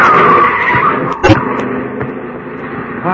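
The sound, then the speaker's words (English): A car skids on a street with a loud, high tire squeal that slides downward in pitch, broken by a sharp thump partway through, then rumbling engine noise trails off. “Mind that car.”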